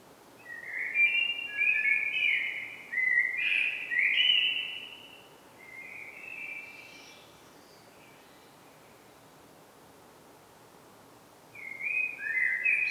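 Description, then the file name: Common blackbird song: mellow warbled phrases in bursts, pausing between, with a final phrase near the end over a steady background hiss. "Turdus merula"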